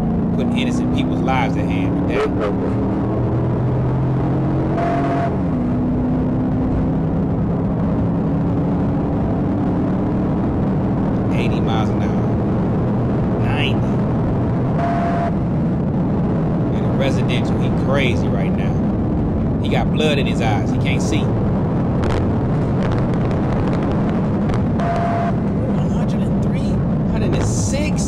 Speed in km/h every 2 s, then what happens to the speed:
97, 113, 116, 127, 143, 147, 153, 151, 151, 147, 158, 171, 151, 140.
0-12 speeds up to 153. 12-18 slows to 147. 18-22 speeds up to 171. 22-28 brakes to 140.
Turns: none.